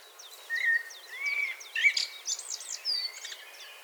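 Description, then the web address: Common blackbird song: soft fluting notes that build into loud squeaky, scratchy high twitters. "SETE data Turdus merula 181122"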